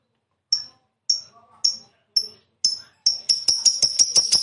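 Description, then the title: Lovebird chirps: clear high notes spaced about half a second apart, then quickening into a fast, dense run of sharp twittering. Lovebird described as a 'fighter' type and 'gacor', singing energetically. "Berkat SUARA Lovebird FIGHTER GACOR Ini"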